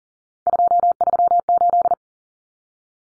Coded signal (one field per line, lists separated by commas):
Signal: Morse code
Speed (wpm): 40 wpm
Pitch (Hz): 700 Hz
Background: none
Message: 238